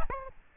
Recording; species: mosquito wingbeat signal from an infrared sensor; Aedes albopictus